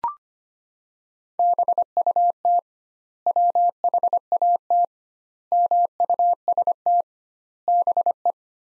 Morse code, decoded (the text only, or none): BUT WHAT MUST BE